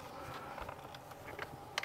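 A plastic trim panel's clip, whose tab had not clipped in and had slipped behind, is pushed home into its mating panel. Quiet rustling and a few soft knocks come first, then a sharp snap at 1.8 seconds as the clip seats and the panel is confirmed closed.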